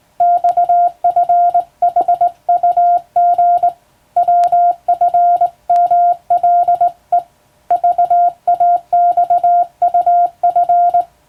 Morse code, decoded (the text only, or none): XFHUG WFMLE VAXUF